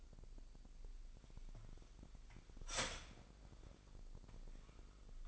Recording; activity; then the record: daily activity, microphone in the room; start toaster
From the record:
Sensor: 5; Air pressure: 1002.1 hPa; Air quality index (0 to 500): 206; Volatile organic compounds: 19 ppm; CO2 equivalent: 2660 ppm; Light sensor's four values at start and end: 33/108/41/43 and 33/108/41/44